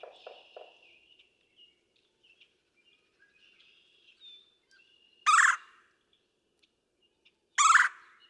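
Red-bellied woodpecker calling with two loud, rough churrs close together near the end, after a few low buzzy notes and faint bird whistles.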